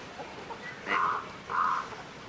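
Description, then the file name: Falcated duck calls: two hoarse, nasal notes in quick succession against a quiet background. "okayoshigamo"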